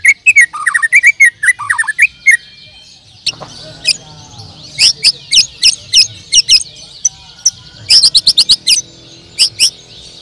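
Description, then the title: Bird song opening with fast descending chirps, then a long series of short, sharp high chips repeated rapidly in clusters. "Kicau Burung"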